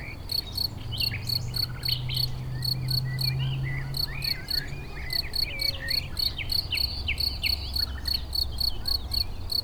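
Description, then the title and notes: Cricket chirps repeat rapidly, nearly four per second, while a songbird sings scattered whistles and trills over a low droning hum. Edge of a meadow rich in crickets near Chindrieux, France; west wind brings sound of motorcycles on the lake road. "271 Rue de Vars, 73310 Chindrieux, France - Grillons et rossignol. Au bord d'une prairie riche en grillons"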